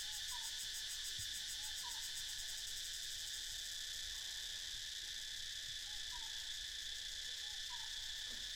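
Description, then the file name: Cicadas in a steady, dense, high buzzing chorus with a fast pulsing shimmer in the first few seconds; faint short chirping notes from another animal appear now and then beneath. More than one cicada. "freesound cicadas"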